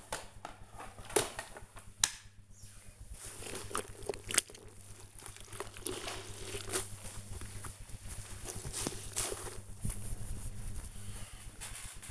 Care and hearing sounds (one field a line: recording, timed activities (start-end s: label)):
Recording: household activities, microphone on the right wrist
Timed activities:
0.00-9.86 s: floor cleaning